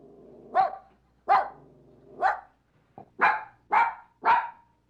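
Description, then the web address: Dog: puppy barking: six sharp, high-pitched yaps, three spaced about a second apart over a faint low hum, then three more in quicker succession. "Matthew Kramer. Dog, Puppy Barking, Animal"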